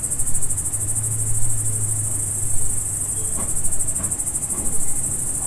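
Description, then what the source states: Crickets keep up a continuous high, rapidly pulsing chorus, with a low engine-like hum near the start and a few faint clicks behind. Crickets at dusk, farm ambience in the Emmental.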